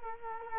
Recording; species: mosquito wingbeat signal from an infrared sensor; Culex quinquefasciatus